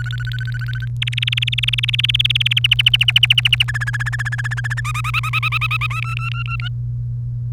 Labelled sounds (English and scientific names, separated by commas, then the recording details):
Domestic Canary (Serinus canaria) song
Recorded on 1 May 2018 at 17:11
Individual llb3